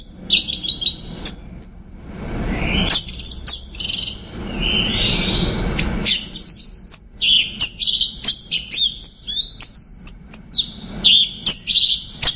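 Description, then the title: Orange-headed thrush song, a fast run of varied high chirps, trills and slurred whistles in dense bursts, with brief low rumbling noise between phrases. "Anis Merah"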